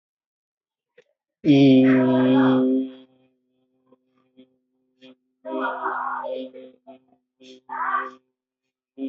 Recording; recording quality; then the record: sustained vowel as in beet; excellent, no background noise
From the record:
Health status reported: healthy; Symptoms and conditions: cold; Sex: male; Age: 50 years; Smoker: not ticked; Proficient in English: yes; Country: India